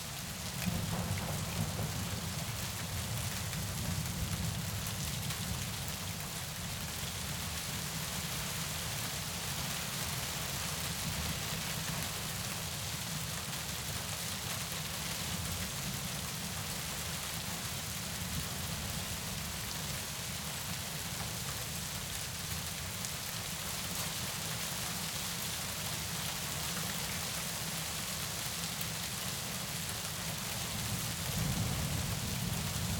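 Heavy rain pours down in a dense, steady hiss across the whole clip, bright with no letup. Underneath runs a low, soft rumble, like thunder rolling faintly, swelling slightly near the start and end.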